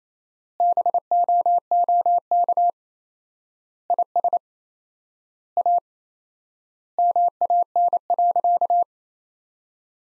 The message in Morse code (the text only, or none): BOOK IS A MAN.